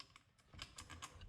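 A scope ring clamp is pushed down onto the Weaver rail of a Rossi Tuffy matched pair 410/22 rifle, giving a series of short, sharp ticks and knocks. The ring fails to seat, and nothing has clicked yet, so the ring clamp is to be loosened more.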